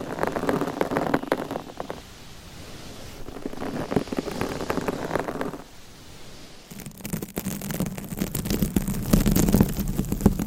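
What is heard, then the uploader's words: Rough scratching on a microphone cover in uneven bursts, quieter around two and six seconds, then denser, brighter scraping after seven seconds. ASMR with 200 MICS! Different Mic Covers & Nails Mic Scratching , Massage & More No Talking.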